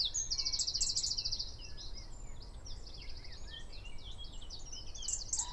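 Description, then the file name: Eurasian wren singing, a fast high buzzy trill of repeated notes, then a jumble of quick high chirps and warbles over a steady low background rumble. "Troglodytes troglodytes"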